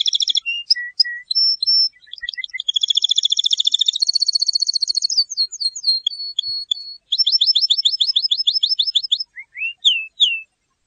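Canary song with clean whistled notes, a long rapid buzzy trill, a rolling series of pulsed notes, and a few sliding upswept whistles.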